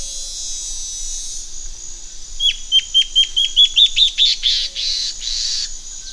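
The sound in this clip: Bird song: a run of sharp, down-slurred whistled notes rising gradually in pitch, ending in a few broader, buzzy notes, against a steady high hiss.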